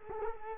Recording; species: mosquito wingbeat signal from an infrared sensor; Culex quinquefasciatus